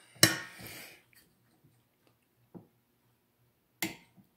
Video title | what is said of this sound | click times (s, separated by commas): @ 289 Cam Shaft install Briggs and Stratton Engine | I click it twice to make sure click | 0.2 s, 3.8 s